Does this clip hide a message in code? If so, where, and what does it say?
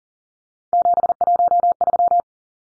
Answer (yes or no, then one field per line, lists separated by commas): yes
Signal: Morse code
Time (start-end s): 0.7-2.2 s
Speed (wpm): 40 wpm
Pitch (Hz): 700 Hz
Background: none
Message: 713